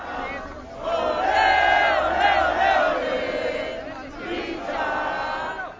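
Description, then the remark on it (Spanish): Thousands of people in Ecuador cheer and chant together with shouts and applause, welcoming a cyclist on his arrival in the country, in a loud, sustained roar, voices swelling in rhythmic waves that rise, dip briefly, then surge again toward the end. “Entre gritos, aplausos, barras, incluso lágrimas, miles de ciudadanos recibían a Richard Carapaz tras su llegada al Ecuador”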